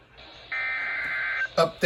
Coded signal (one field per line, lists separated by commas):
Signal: Emergency Alert System (SAME) tones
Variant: header bursts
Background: speech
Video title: SEABREEZE INSANITY 3: BACK TO BACK INSANITY - EAS Alerts From 8/19/23 - 8/21/23 (EAS #616-640)